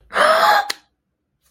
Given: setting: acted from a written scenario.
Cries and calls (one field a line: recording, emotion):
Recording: vocal sound without words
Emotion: positive surprise